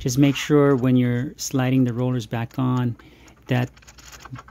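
A paper feed roller is being slid back onto its printer tray drive shaft on an HP Color LaserJet MFP M880 during transfer kit replacement, handled but not yet home; the locking lever must drop into the shaft groove to lock it, since otherwise the roller slips off track, gets no drive from the coupler and causes jams. Someone talks for most of the clip, followed by a few faint, sharp ticks near 4.3–4.5 seconds. Nothing has seated or clicked yet.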